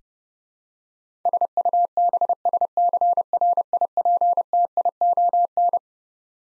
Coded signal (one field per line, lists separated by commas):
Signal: Morse code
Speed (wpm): 32 wpm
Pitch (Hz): 700 Hz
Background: none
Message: SUBSCRIPTION